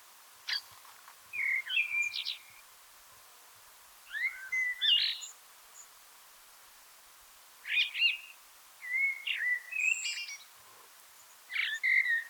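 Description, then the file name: Common blackbird delivering a run of warbled song phrases, mellow whistles mixed with high thin squeaks, repeated every two to three seconds. "Turdus merula"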